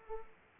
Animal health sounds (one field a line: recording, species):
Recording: mosquito wingbeat signal from an infrared sensor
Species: Aedes aegypti